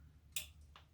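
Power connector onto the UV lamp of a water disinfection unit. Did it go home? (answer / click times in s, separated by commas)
yes / 0.4 s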